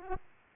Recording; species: mosquito wingbeat signal from an infrared sensor; Aedes aegypti